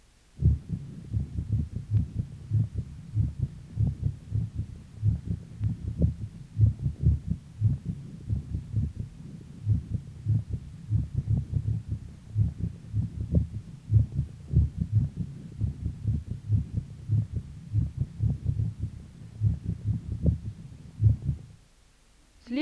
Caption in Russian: Мерцательная аритмия или трепетание предсердий чаще всего аускультативно определяется отсутствием всякой закономерности в следовании тонов сердца, а также их меняющейся звучностью. На верхушке сердца у больного с тахисистолической формой мерцательной аритмии.